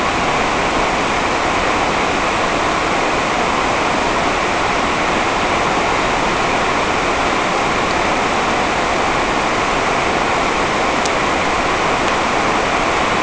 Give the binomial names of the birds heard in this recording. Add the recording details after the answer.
none. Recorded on Arctic tundra, site NAIT-1, on 28 June 2018. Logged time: 07:00